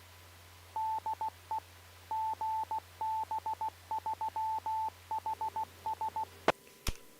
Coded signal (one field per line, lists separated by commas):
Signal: Morse code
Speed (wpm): 16 wpm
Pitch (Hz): 880 Hz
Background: none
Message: DE GB3HS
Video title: HADARS Live Stream 2M net via GB3HS 01/05/23